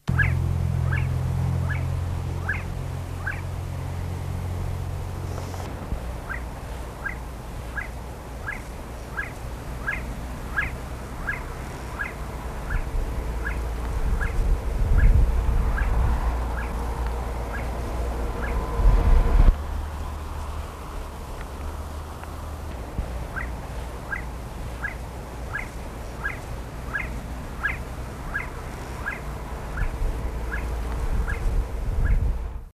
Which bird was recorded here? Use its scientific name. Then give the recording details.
Ammoperdix heyi. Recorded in the wild. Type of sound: call. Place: IL. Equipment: Halbspur, 9,5 cm/s. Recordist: Lütgens, Hans. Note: Rufe